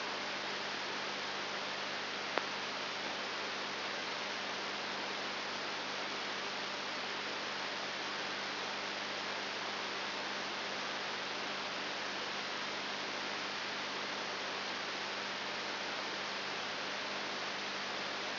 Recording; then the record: brain microelectrode recording played as sound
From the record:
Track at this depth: outside the subthalamic nucleus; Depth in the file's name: 6.1 mm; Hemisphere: left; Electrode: 3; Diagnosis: Parkinson's disease